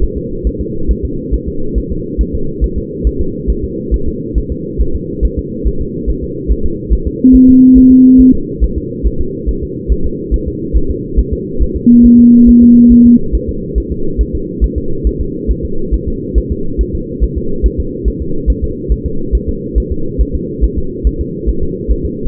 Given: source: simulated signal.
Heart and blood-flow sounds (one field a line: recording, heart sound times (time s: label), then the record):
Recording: fetal heart sounds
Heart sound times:
0.04 s: S1
0.18 s: S2
0.47 s: S1
0.61 s: S2
0.91 s: S1
1.05 s: S2
1.34 s: S1
1.48 s: S2
1.78 s: S1
1.92 s: S2
2.21 s: S1
2.35 s: S2
2.64 s: S1
2.78 s: S2
3.07 s: S1
3.21 s: S2
3.50 s: S1
3.64 s: S2
3.94 s: S1
4.08 s: S2
4.38 s: S1
4.52 s: S2
4.81 s: S1
4.95 s: S2
5.25 s: S1
5.39 s: S2
5.68 s: S1
5.81 s: S2
6.10 s: S1
6.24 s: S2
6.52 s: S1
6.66 s: S2
6.93 s: S1
7.07 s: S2
7.35 s: S1
7.49 s: S2
7.78 s: S1
7.92 s: S2
8.21 s: S1
8.35 s: S2
8.64 s: S1
8.78 s: S2
9.07 s: S1
9.21 s: S2
9.49 s: S1
9.63 s: S2
9.92 s: S1
10.06 s: S2
10.34 s: S1
10.48 s: S2
10.77 s: S1
10.91 s: S2
11.19 s: S1
11.33 s: S2
11.62 s: S1
11.76 s: S2
12.06 s: S1
12.20 s: S2
12.49 s: S1
12.63 s: S2
12.92 s: S1
13.06 s: S2
13.35 s: S1
13.49 s: S2
13.78 s: S1
13.92 s: S2
14.21 s: S1
14.35 s: S2
14.64 s: S1
14.78 s: S2
15.07 s: S1
15.21 s: S2
15.51 s: S1
15.65 s: S2
15.94 s: S1
16.08 s: S2
16.38 s: S1
16.52 s: S2
16.81 s: S1
16.95 s: S2
17.24 s: S1
17.38 s: S2
17.66 s: S1
17.80 s: S2
18.08 s: S1
18.22 s: S2
18.50 s: S1
18.64 s: S2
18.92 s: S1
19.06 s: S2
19.35 s: S1
19.49 s: S2
19.78 s: S1
19.92 s: S2
20.21 s: S1
20.35 s: S2
20.64 s: S1
20.78 s: S2
21.07 s: S1
21.21 s: S2
21.49 s: S1
21.63 s: S2
21.91 s: S1
22.05 s: S2
From the record:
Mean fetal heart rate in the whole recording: 140 bpm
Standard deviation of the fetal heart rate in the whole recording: 2 bpm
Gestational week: 34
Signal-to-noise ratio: -8.1 dB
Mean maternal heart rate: 72 bpm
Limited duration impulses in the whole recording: present